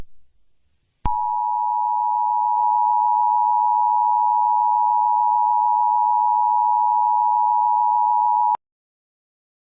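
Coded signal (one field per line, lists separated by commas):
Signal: Emergency Alert System (SAME) tones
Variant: 853 and 960 Hz attention tone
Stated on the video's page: Fictional EAS scenario.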